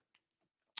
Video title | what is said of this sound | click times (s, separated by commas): BHT LIVE: Fujifilm X Summit Post Conversation | now it's locked now there is no lens creep the lens will stay put | 0.8 s